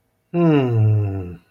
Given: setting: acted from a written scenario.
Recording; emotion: vocal sound without words; contentment